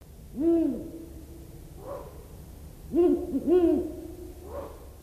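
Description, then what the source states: Ural owl giving several deep hoots, some fainter than others. Hooting heard from afar can resemble a guard dog's barking; most active at dawn and dusk, also hunts at night, and in winter may forage by day.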